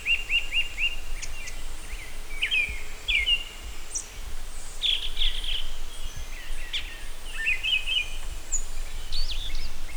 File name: rufous collared robin